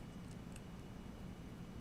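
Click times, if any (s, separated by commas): none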